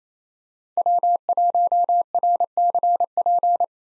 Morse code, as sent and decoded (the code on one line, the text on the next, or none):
.-- .---- .-. -.-. .--.
W1RCP